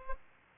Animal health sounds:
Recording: mosquito wingbeat signal from an infrared sensor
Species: Culex pipiens

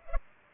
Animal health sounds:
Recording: mosquito wingbeat signal from an infrared sensor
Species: Culex pipiens

